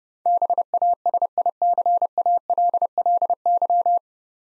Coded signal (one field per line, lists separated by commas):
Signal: Morse code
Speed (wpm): 30 wpm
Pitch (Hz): 700 Hz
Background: none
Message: BASICALLY